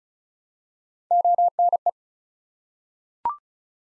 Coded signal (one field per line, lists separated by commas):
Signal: Morse code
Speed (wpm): 36 wpm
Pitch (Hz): 700 Hz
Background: none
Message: ONE